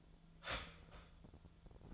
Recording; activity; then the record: daily activity, microphone in the room; start toaster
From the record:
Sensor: 5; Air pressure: 1009.4 hPa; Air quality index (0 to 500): 168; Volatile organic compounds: 4 ppm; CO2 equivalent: 1625 ppm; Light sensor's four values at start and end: 89/237/96/102 and 90/238/97/102